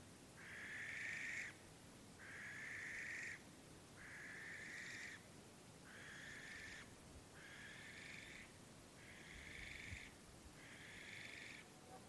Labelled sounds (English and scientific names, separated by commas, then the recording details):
Western Barn Owl (Tyto alba)
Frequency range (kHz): Western Barn Owl (Tyto alba) 1.1-3.8 kHz
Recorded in France